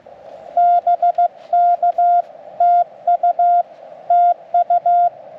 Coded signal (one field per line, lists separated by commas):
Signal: Morse code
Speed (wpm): 15 wpm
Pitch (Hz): 700 Hz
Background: none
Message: BK TU TU